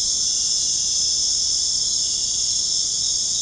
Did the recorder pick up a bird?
no